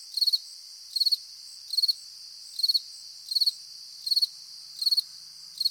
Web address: latna sutrin sred prirodata zuzene na nasekomi curulikane na skakalci